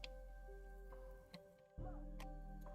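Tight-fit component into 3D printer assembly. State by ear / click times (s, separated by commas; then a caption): seated / 0.0 s. A tight-fitting part is pressed into a 3D printer assembly during a rebuild; because it is a tight fit, it has to snap into place. A sharp snap at 0.0 s seats it, followed by fainter ticks at 1.3 s and 2.2 s over steady background music. The part is seated.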